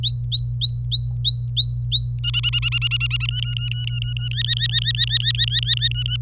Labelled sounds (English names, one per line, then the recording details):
Domestic Canary song
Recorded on 26 April 2018 at 08:19
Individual llb3